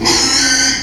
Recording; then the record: squeal of a Yucatan mini pig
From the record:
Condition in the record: after surgery on the right vocal fold (resection and tissue-engineered implant); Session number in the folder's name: 2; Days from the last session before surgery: 13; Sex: male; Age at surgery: 12 weeks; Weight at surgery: 13 kg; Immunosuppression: cyclosporine, prednisolone